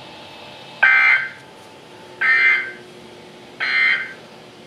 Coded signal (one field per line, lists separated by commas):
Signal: Emergency Alert System (SAME) tones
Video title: EAS #159: Required Weekly Test